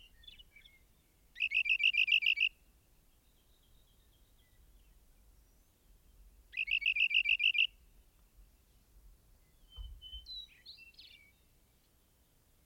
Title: Rock Wren